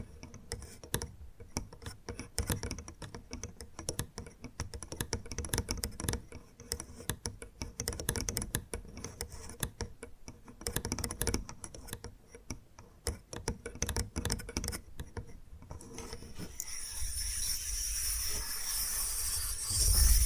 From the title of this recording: Bamboo Tapping, Scratching and Brushing Sounds